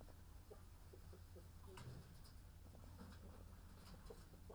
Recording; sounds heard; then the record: poultry house recording; sick chickens (respiratory disease)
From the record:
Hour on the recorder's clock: 13